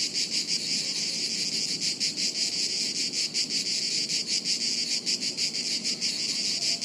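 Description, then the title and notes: Cicadas buzzing together, an intense high whirring drone with uneven pulses and slight swells in loudness. Chorus of cicadas high up in the trees overhead, woods near Sirolo, Italy, on a hot afternoon, August 23. "A chorus of cicadas on a hot afternoon high up in the trees above us in the woods near Sirolo, Italy, August 23. Recorded by Cities and Memory."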